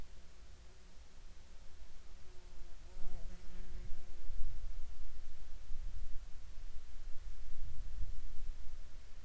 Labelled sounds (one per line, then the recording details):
insects
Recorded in Ivvavik National Park, Yukon, on 17 June 2019 at 16:18
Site SINP10